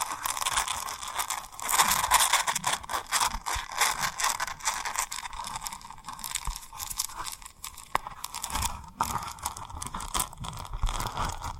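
Tapping and rubbing on rhinestones fills the clip with a dense, crinkly crackle that never stops, bright and gritty with a steady thread of tone through the middle. Short sharp taps stand out around eight and nine seconds, and the level rises and falls unevenly.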